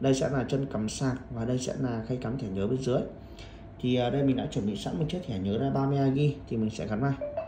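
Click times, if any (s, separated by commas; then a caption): none. Someone talks while holding a 32 GB microSD memory card near the card slot on the underside of a tiny V99 V3 wireless Wi-Fi 4K camera, a new 2024 model disguised as a shirt button, with the charging port beside the slot. Only speech is heard, with no distinct clinks or snaps. Nothing has seated or clicked yet.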